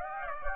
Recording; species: mosquito wingbeat signal from an infrared sensor; Aedes aegypti